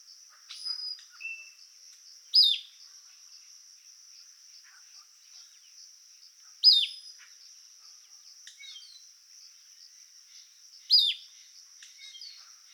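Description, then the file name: Caribbean elaenia call: a sharp, high, downslurred note about every four seconds, with a few faint chips between, over a steady high drone. Call recorded in Yucatan on 8 December 2016. "Caribbean Eleania Yucatan 081216 call"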